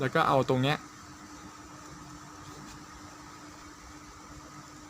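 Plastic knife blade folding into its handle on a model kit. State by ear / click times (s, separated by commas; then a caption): not seated / none. A silver plastic knife blade from a model kit, one of a pair, is being folded into its handle for storage. Someone talks briefly at the start, then only a steady low hum with a faint tone continues. Nothing has clicked or seated yet.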